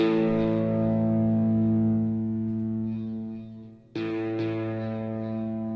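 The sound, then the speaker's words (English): A sustained, distorted electric guitar chord, played through effects pedals, rings out with dense harmonics, fades slightly, cuts off briefly, then is struck again and sustains, thick with effects and reverb. “I can hear your guitar now.”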